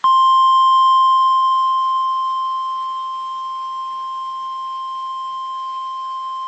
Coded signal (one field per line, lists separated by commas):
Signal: Emergency Alert System (SAME) tones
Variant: 1050 Hz attention tone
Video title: EAS Scenario: Project JJ!